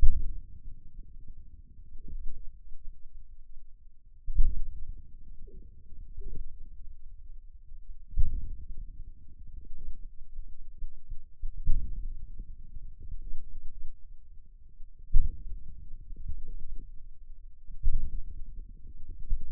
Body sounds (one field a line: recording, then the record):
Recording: forearm muscle sounds (acoustic myography)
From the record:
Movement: outward rotation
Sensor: system 2, bracelet of six BSWA MPA416 microphones around the upper forearm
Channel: 2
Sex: male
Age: 22 years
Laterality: right